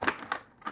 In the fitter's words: this tab into its Groove and then we're going to push at the back should get a nice satisfying click as it goes in place